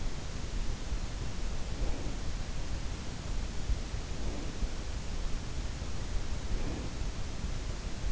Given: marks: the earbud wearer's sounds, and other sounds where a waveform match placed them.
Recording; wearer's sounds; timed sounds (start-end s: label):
sounds in sleep by an in-ear microphone; breath
1.35-2.64 s: breath
3.74-4.90 s: breath
6.13-7.42 s: breath